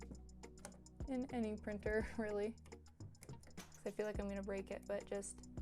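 An ink cartridge (Printers Jack sublimation ink) is handled at the cartridge holder of an Epson WF-7720 inkjet printer while someone talks. Faint ticks and taps sound near the start and around 3.0–3.4 s. Nothing has seated or clicked yet.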